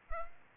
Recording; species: mosquito wingbeat signal from an infrared sensor; Culex pipiens